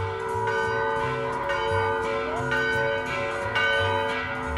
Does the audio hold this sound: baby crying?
no